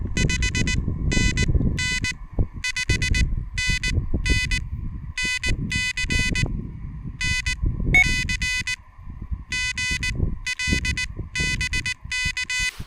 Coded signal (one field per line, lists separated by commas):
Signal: Morse code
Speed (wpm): 19 wpm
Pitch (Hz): 2500 Hz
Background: none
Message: 5NN 5NN NC NC G L BK